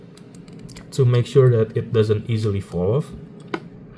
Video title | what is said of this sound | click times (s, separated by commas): Hotwheels Elite64 — 1967 Ferrari 330 P4 - REVIEW | like this is the openings and then when you close it you will hear the clicking noise means it already locked on. | 3.5 s